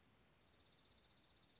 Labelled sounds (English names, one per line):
Dark-eyed Junco